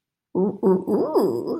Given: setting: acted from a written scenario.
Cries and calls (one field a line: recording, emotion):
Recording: vocal sound without words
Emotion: romantic love